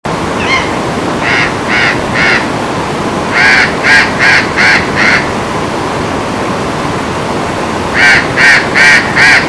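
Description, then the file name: Burrowing parrot giving harsh, grating screeches in quick runs of three to five, with a pause between bursts, over a steady background hiss. "tricahue"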